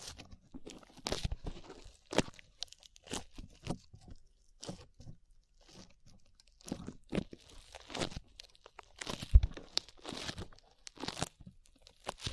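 Slime being squished and pulled makes a run of sticky, crackling pops and short tearing snaps. The bursts come irregularly, every half second to a second, with brief quiet gaps. One sharp, louder pop lands near the nine-second mark.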